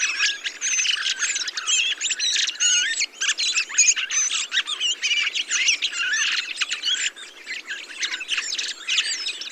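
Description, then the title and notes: Thrushes in a loud communal chorus, overlapping whistles, squeaks and chatters, slightly thinner toward the end. Large mixed flock of mistle thrushes, song thrushes, redwings, fieldfares and some blackbirds feeding on abundant berries, singing; blue sky; Montagne du Puy, Drôme; 22 November 2020; Nagra Seven, Telinga Pro7 parabola. "POT-POURRI DE GRIVES. 22 novembre 2020-Montagne du Puy - Drôme. Grives draine, musicienne, mauvis et litorne plus quelques merles"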